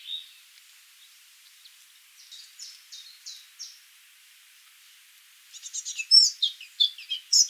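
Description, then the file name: Eurasian blackcap: a few soft, spaced notes at first, then a sudden loud burst of bright, fluty warbling in the final two seconds. "Sylvia atricapilla"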